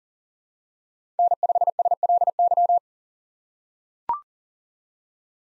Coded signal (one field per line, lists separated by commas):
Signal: Morse code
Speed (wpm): 40 wpm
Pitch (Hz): 700 Hz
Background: none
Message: N5SLY